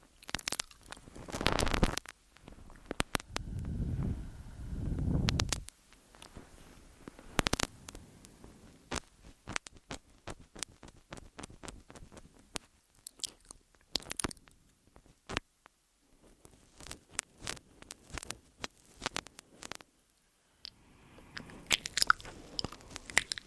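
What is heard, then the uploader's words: Mouth sounds with a chewing, eating character: wet clicks, smacks and crunchy bites come in quick irregular bursts across the clip. Early on there are a few fuller, louder moments around two to six seconds, then sparse sharp clicks with quiet gaps between them. MOUTH SOUNDS & EAR EATING Tascam & Dummyhead.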